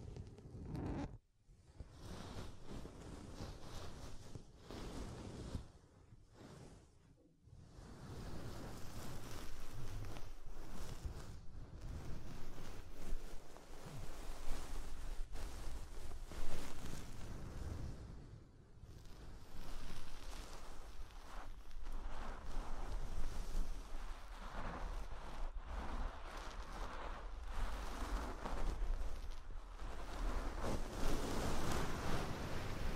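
Soft, fluffy rustling and brushing sounds, sparse and halting in the first seven seconds, then continuous dense scratchy rubbing with a low rumble throughout.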